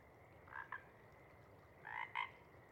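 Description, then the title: Pacific chorus frog calls, a soft two-note ribbit followed by a louder two-part ribbit, against a low background hiss. Chorus at a pond in pre-morning twilight as late night wanes; temperature torpor sets in, individuals leave to hunt; full chorus breaks into waves circling the pond, then staccato sections tapering away. "Chorus Frogs, Chorus Waxes and Wanes, pre-morning-twilight"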